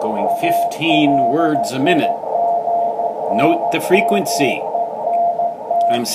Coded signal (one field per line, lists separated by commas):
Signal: Morse code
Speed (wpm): 14 wpm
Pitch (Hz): 690 Hz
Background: speech, radio noise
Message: ALIGNMENT